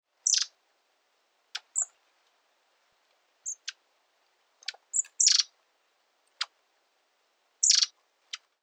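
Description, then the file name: Long-tailed tit giving thin, very high calls, short sibilant notes and brief buzzy bursts scattered irregularly, with a few sharp ticks between them. "enaga"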